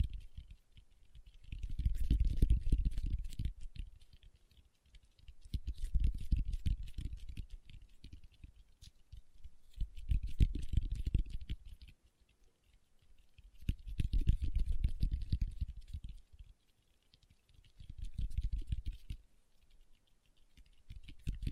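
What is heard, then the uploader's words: Fingertips tap in quick, dense flurries, each burst lasting about two seconds before a short pause, repeating roughly every four seconds. The taps are soft and low with a light clicky edge, much like rapid typing, and the bursts swell and fade in loudness. ASMR Tapping with Fingertips (No Talking).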